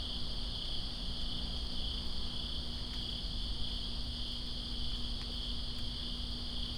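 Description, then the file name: Steady high cricket trilling that never breaks, with rain producing a continuous low, noisy background. Recorded in Greensboro on September 2, 2017, during rain. "Greensboro Crickets And Rain September 02 2017"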